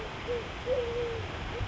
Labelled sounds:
Eurasian Collared Dove

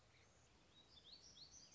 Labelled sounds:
Black-throated Gray Warbler

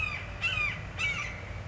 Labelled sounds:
Red-shouldered Hawk

